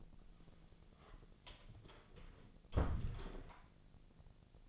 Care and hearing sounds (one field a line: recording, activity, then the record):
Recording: daily activity, microphone in the room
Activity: close door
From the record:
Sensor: 4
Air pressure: 1001.2 hPa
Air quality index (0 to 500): 184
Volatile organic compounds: 2 ppm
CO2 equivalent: 1312 ppm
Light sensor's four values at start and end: 14/33/13/14 and 16/38/15/16